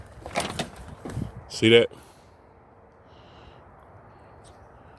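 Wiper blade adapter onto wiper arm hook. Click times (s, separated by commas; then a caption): 0.6 s. A wiper blade adapter is pulled down onto the hook of the wiper arm on a 2000–2007 Toyota Highlander during a wiper blade replacement, and it clicks into place again at 0.6 s. It is seated, with a short, sharp click among soft handling sounds. Then someone talks.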